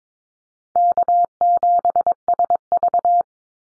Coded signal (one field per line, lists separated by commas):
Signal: Morse code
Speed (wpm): 22 wpm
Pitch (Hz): 700 Hz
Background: none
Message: K7SV